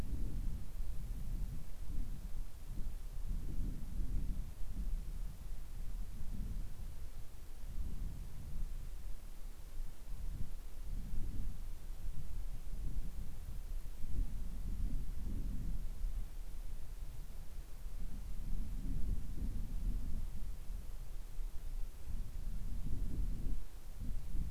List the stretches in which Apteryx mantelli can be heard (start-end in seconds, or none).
none